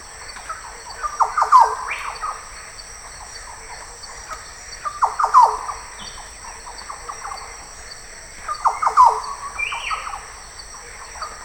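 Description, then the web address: Green oriole giving three rich, bubbling phrases of quick notes roughly every four seconds, each ending in a brief rising slur, over a steady insect whine. "voix doiseaux loriot des paletuviers oriolus flavocinctus"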